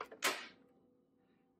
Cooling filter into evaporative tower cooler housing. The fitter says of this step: and then it clicks into place now on the bottom we have the water tank